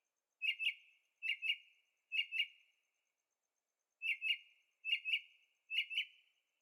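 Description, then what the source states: Bird giving paired chirps, three pairs, a pause, then three more pairs. Singing at night in Carefree, Arizona; recorded with a Zoom H6 and stereo microphones.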